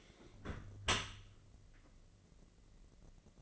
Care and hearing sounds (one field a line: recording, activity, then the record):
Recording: daily activity, microphone in the room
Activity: close dishwasher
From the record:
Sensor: 4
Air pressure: 1013.2 hPa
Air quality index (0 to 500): 170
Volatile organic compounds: 2 ppm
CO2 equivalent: 1071 ppm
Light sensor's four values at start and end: 82/202/84/86 and 81/201/84/86